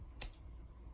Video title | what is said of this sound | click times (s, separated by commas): S&W Metalworks GO2 | pretty easy, but it does snap in, as you can hear that lock. | 0.2 s